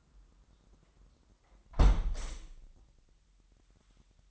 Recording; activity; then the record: daily activity, microphone in the room; close window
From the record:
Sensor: 3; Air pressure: 998.6 hPa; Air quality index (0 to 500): 133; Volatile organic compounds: 4 ppm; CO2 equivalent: 1592 ppm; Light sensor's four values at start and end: 8/20/8/9 and 8/19/8/8